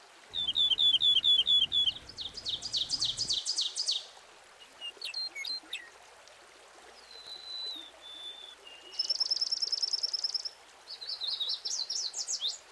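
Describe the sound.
Bird song: varied high phrases of rapid repeated chirps, trills and buzzy notes, several whistled slurs between, with a fast high trill near the end.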